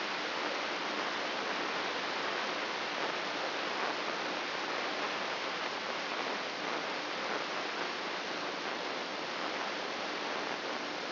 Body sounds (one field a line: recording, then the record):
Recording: brain microelectrode recording played as sound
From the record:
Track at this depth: outside the subthalamic nucleus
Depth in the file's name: 7.46 mm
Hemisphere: left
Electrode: 3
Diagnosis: Parkinson's disease